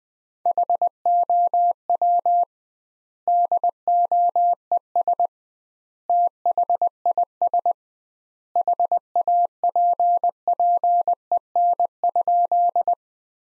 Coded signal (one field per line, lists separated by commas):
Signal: Morse code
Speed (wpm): 20 wpm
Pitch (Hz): 700 Hz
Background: none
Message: HOW DOES THIS HAPPEN?